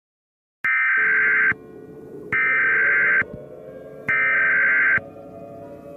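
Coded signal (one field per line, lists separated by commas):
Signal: Emergency Alert System (SAME) tones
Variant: header bursts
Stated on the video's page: Fictional scenario alert.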